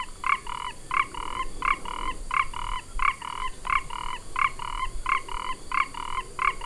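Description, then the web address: Four-ridged toad giving a steady series of double notes, a sharp start followed by a drawn-out buzzy tone, about ten pairs. "sounds Ingerophrynus quadriporcatus"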